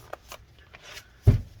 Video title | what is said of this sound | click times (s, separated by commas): HP Envy x360m Convertible 15m-dr1011dx Disassembly RAM SSD Hard Drive Upgrade Fan Repair Replacement | all right snip that in place so this part actually doesn't snap in place the screws hold it down | 0.1 s, 0.8 s